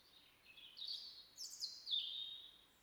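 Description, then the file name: European robin song, a run of high sweet notes that jump up and down in pitch, in several bursts, over light hiss. "Erithacus rubecula"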